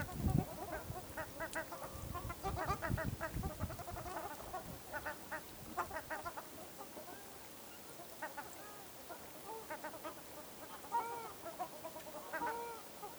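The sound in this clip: Ruddy shelducks giving nasal, honking calls in overlapping bursts, with low thumping sounds during the first few seconds.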